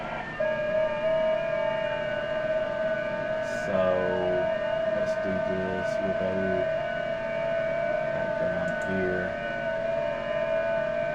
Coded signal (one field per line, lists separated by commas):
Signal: FT8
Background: speech